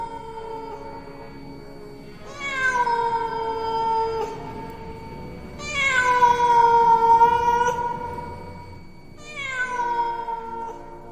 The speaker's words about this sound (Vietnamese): Tự nhiên lại nghe meo một tiếng khô khốc. Một con mèo đen chạy vụt qua đám lửa, làm cho đống tro tàn bay lên, tóe ra những cái lốm đốm quỷ dị.